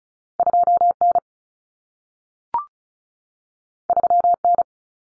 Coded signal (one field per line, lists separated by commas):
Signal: Morse code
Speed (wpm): 36 wpm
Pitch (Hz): 700 Hz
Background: none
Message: 2N 3N